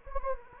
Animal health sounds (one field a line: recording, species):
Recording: mosquito wingbeat signal from an infrared sensor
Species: Anopheles gambiae